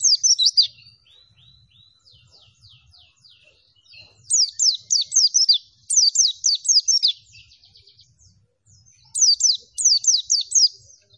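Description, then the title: White-eye singing: high, rapid chains of descending whistled notes in energetic bursts, linked by quieter chattering phrases. Song given in the lively, vigorous style known as gacor. "Pleci Gacor"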